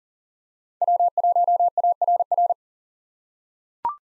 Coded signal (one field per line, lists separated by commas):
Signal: Morse code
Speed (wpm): 40 wpm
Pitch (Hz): 700 Hz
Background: none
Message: W1ARR